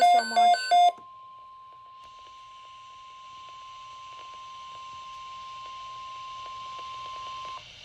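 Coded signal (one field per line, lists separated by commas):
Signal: Emergency Alert System (SAME) tones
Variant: 1050 Hz attention tone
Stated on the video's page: Simulated EAS Severe Thunderstorm Watch tones, not for broadcast.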